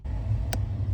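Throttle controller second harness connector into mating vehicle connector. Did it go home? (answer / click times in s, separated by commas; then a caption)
yes / 0.5 s. A second plastic harness connector for the throttle controller on a 2020 Chevrolet Corvette (C8) is pushed together with its mating vehicle connector. A steady low rumble fills the clip, and a single sharp, bright click sounds at 0.5 s. The connector is seated and latched.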